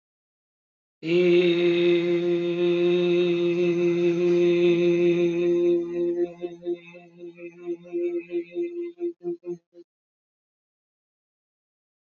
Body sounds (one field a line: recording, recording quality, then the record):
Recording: sustained vowel as in made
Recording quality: excellent, no background noise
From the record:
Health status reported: healthy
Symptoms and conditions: diabetes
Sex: male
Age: 49 years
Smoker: not ticked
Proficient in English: yes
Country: India